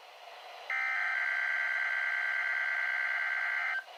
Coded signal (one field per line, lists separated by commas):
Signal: Emergency Alert System (SAME) tones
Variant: header bursts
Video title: EAS Catches #1:Required Weekly Test (12-26-18)